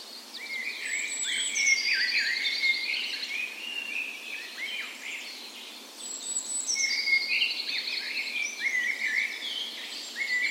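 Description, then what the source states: Birds (dawn chorus): several birds singing at once, chirpy warbles and two high thin notes sliding into descending trilled runs, with quiet steady background noise. Dawn chorus in a park west in Bergen, Norway, on the morning of 17 May, Norway's National Day, in full spring; recorded with Sony PCM A10 and LOM Usi microphones as tree ears.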